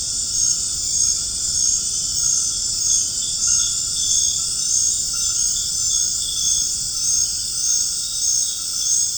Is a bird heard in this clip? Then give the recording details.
no. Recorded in dense forest near Puerto Asís, Putumayo, Colombia, on 25 June 2025 at 19:30. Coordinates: 0.481, -76.323. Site G072